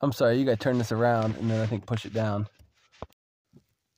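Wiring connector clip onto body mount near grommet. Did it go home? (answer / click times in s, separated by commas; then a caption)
yes / 3.0 s, 3.1 s. While replacing the oxygen sensor on a 2004 Toyota Sienna, someone talks as the plastic sensor wiring connector clip is turned around and pushed down, then up, onto its body mount by the grommet. After the talking stops, sharp clicks sound at 3.0 s and 3.1 s as the clip snaps into place, seated on the bracket.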